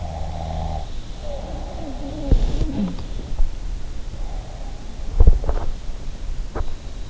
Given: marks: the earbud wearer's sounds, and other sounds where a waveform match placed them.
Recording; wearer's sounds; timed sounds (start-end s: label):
sounds in sleep by an in-ear microphone; snoring breath, body movement
0.00-2.18 s: snoring breath
1.11-2.99 s: sound from someone else or the room
4.73-6.17 s: body movement